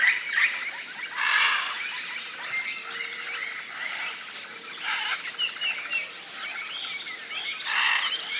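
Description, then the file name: Birds: bird calls mixed with several short rushing bursts of noise, chattering notes between them and a steady insect whine throughout. Tropical rainforest at morning, flocks of birds rousing in the canopy. "articulated TROPICAL Rainforest morning rousing flocks of birds"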